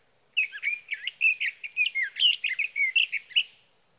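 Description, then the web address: Sage thrasher warbling rapidly, a lively string of short chirps and twisting whistled notes lasting about three seconds. "birdsongforthecurious Sage Thrasher"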